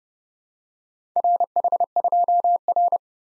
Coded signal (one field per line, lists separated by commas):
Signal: Morse code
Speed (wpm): 34 wpm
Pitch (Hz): 700 Hz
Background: none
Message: RH2R